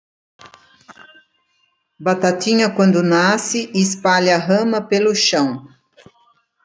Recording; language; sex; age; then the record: short text; Brazilian Portuguese; female; 70 to 79 years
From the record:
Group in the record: control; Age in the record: 72 years